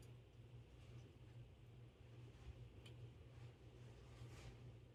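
A part is worked into the movement plate while a cleaned GE/Telechron "Time Only" electric clock movement is being reassembled. A steady low hum runs under quiet handling and faint metallic ticks, with one brief bright tick near 2.8 seconds. Nothing has seated or clicked through yet.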